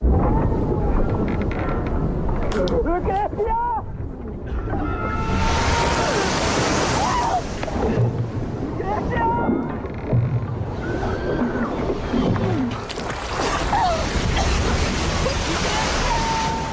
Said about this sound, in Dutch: Oh, deze vind ik het heftigst. Ik ook. Ja? Ja, deze geloof ik het geluid van de boot en ja, het water, gekraak. Dat vind ik gewoon vind ik vreselijk. Ja, ik ook. Hoe heb je dit geluid gekregen? Veel sound effects en ook veel water apart opgenomen